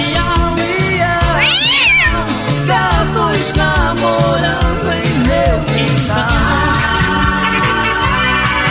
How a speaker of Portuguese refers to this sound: Miau, miau, miau, miau. Não atrapalha agora.